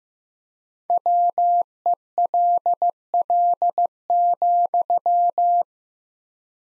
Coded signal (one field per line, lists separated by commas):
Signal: Morse code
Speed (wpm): 16 wpm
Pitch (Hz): 700 Hz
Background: none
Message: WELL,